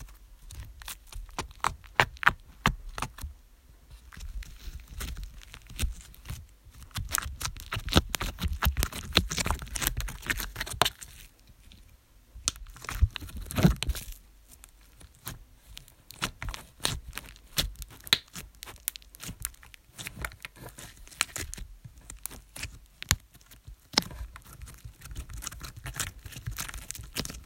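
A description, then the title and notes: Slime being squished and pressed, making dense runs of wet crackles, pops and sticky clicks that reach well into the bright range. The sound comes in busy bursts separated by brief quiet pauses, around 4, 12 and 21 seconds, with a soft low rumble underneath. Wir haben uns Slime selber zusammen gemischt, mit schon gemischtem Slime gespielt und ihn zerrissen. Slime ASMR.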